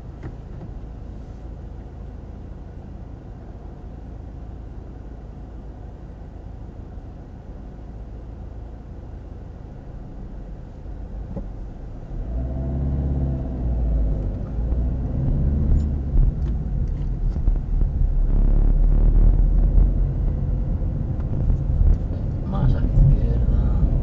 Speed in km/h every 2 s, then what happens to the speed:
0, 0, 0, 0, 0, 0, 13, 21, 17, 21, 23, 25.
0-11 standing. 11-14 pulls away to 21. 17-24 speeds up to 25.